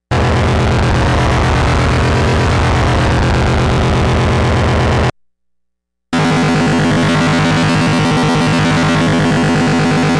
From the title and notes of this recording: Alien Noise Signal. MICROBRUTE. Sawtooth Wave - 0% Ultrasaw - 60% Pulse Wave - 100% Pulse Width - 100% Triangle Wave - 100% Metalizer - 68%. ENV -> Metal LFO -> PWM LFO -> Sub LFO -> Pitch.